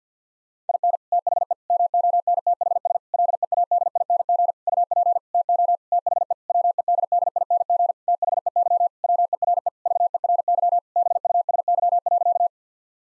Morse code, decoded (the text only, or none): IN THE MONTHS LEADING UP TO THE WEDDING THEY WERE VERY BUSY.